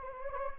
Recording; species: mosquito wingbeat signal from an infrared sensor; Anopheles gambiae